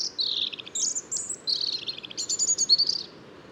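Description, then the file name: European robin song: a rapid, high, tinkling phrase of thin whistles and trills that shifts pitch several times, with brief gaps between notes, over a soft low hiss. "Erithacus rubecula"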